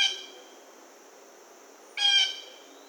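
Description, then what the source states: Blue jay jeer calls: the tail of one harsh note, then a second buzzy call after a quiet pause, over a faint steady high hum. Recorded 1 August 2009.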